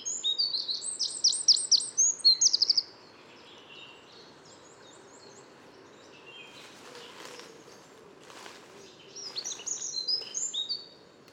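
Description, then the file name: Eurasian wren song: a loud, rapid burst of very high, sharp notes and trills lasting about three seconds, then quiet, with another shorter high twittering phrase near the end. "Troglodytes troglodytes"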